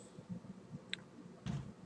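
A loose jack or port piece on a new MSI GT60 Dominator laptop is pushed back into the chassis by hand, giving a sharp, bright snap at 0.9 s as it seats. A softer, duller burst follows at about 1.5 s over a quiet background hum.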